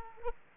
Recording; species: mosquito wingbeat signal from an infrared sensor; Aedes aegypti